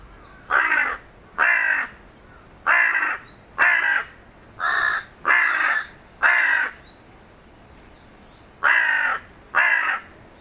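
Bird giving harsh, hoarse caws, about nine calls spaced roughly one second apart with a longer pause before the last two, over a quiet background.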